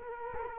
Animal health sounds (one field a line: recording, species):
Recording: mosquito wingbeat signal from an infrared sensor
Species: Culex quinquefasciatus